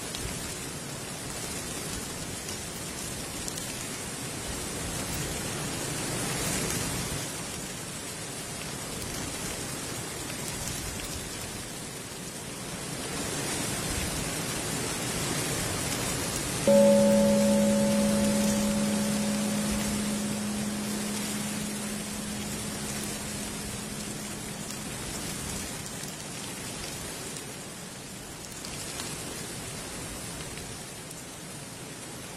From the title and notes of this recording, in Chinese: 白噪音 中国风 秋日古寺 深山避世静心氛围。听古寺钟声 落叶声。